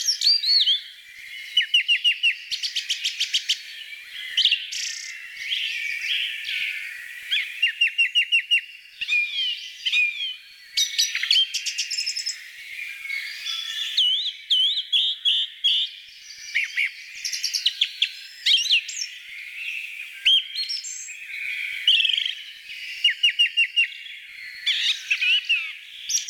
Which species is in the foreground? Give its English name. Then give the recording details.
Song Thrush. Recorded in the wild. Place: Flögelner See, Schleswig-Holstein, DE. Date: 1987-05-28. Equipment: Alparon-Reflektor. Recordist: Schwarz, Dieter. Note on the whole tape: Song